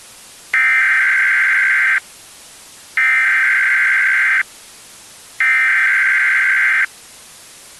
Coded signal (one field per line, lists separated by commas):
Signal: Emergency Alert System (SAME) tones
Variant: header bursts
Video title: [REUPLOAD] EAS Scenario - Deadly Soda